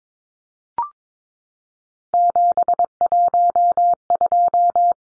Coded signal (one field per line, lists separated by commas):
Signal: Morse code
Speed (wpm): 22 wpm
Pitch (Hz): 700 Hz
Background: none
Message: 712